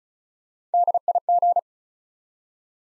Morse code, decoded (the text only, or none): DIG